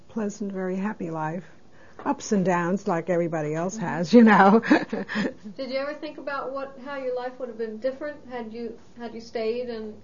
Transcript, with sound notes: pleasant, very happy life, ups and downs like everybody else has, you know (she laughs)
Did you ever think about what, how your life would have been different had you, had you stayed and